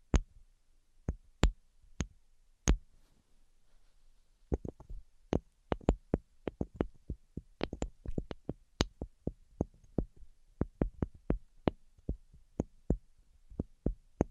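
Sharp, crisp taps ring out one at a time, sparse during the first four seconds with a pause, then quicker and more frequent from about 4.5 seconds on. Each tap is brief and clicky with a faint low thud beneath. No voice is heard.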